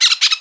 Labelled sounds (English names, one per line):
Brown-throated Parakeet contact call